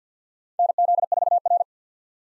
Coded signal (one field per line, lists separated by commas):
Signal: Morse code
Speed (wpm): 50 wpm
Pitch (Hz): 700 Hz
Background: none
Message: NZ4R